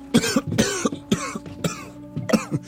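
Five deep, hollow coughs come in an uneven rhythm, each a harsh, loud burst with a low rumbling chest tone beneath it and no talking between them.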